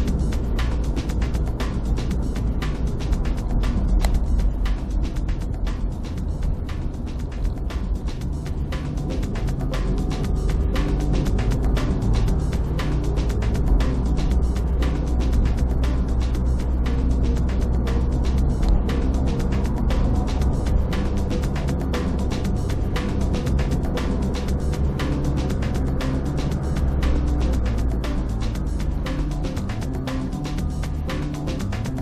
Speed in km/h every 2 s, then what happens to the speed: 45, 40, 35, 26, 32, 36, 41, 44, 45, 46, 49, 50, 48, 48, 38, 32.
0-5 brakes to 26. 5-21 speeds up to 50. 21-26 steady at about 48. 26-29 brakes to 32.